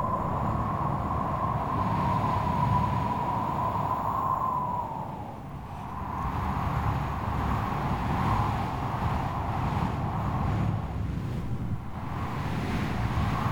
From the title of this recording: Strong Stormy Wind